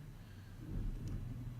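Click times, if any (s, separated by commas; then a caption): none. The plastic tab of a Genmega KYTronics EMV card reader head is lined up on the inside of its little plastic mounting clip before the parts are pushed together. A low, steady rumble fills the clip, with one faint, brief high-pitched tick at about 1.1 s. Nothing has seated or clicked yet.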